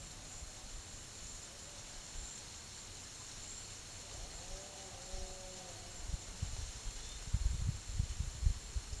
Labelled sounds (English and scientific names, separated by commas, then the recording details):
none
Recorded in pastures near Puerto Asís, Putumayo, Colombia, on 28 February 2025 at 14:00
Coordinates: 0.505, -76.324
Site GP08